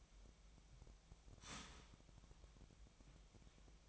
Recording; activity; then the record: daily activity, microphone in the room; start toaster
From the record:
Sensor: 1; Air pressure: 1001.9 hPa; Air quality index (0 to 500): 239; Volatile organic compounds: 43 ppm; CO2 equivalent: 3200 ppm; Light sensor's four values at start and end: 11/36/13/15 and 11/36/13/15